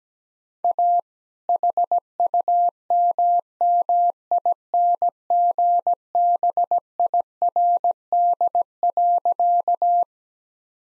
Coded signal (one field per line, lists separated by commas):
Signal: Morse code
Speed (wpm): 17 wpm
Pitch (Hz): 700 Hz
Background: none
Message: A HUMMINGBIRD.